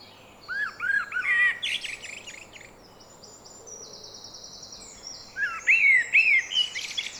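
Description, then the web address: Eurasian blackbird singing short warbled phrases that end in thin, high twitters. A quiet gap sits between the two phrases, and faint steady background noise runs throughout. "SETE data Turdus merula"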